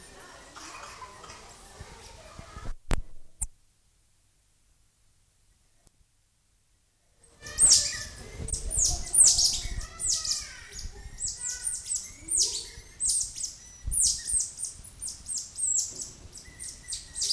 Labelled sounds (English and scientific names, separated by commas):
Cottontop Tamarin (Saguinus oedipus)